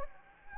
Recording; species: mosquito wingbeat signal from an infrared sensor; Anopheles gambiae